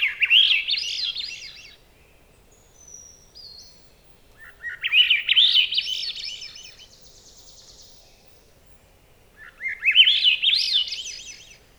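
Swainson's thrush song, three upward-spiralling fluty phrases spaced roughly four to five seconds apart, with brief faint sounds in the gaps.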